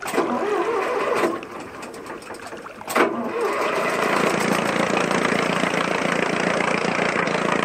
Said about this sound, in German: Werfen Sie den Motor an.